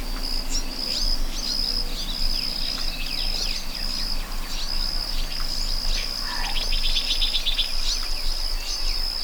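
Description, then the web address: Cricket chirping: a steady high trill beneath bird calls, including scattered chirps and a brief rapid twittering burst near the end. Meadow ambience with birds and crickets. "Dr Sound Effects. A Meadow With Birds and Crickets"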